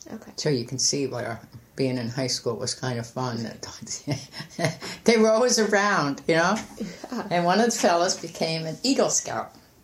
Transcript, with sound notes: So, you can see why being in high school was kind of fun. [laughs] They were always around, you know. And, one of the fellows became an Eagle Scout.